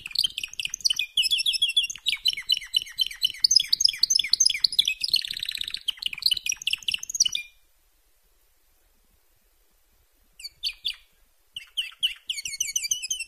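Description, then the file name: Canary song: a long dense stretch of twittering and a buzzy trill, a pause of nearly three seconds, then short bursts of high chirping resume. "Canary Voice"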